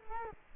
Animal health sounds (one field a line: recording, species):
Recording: mosquito wingbeat signal from an infrared sensor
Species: Culex quinquefasciatus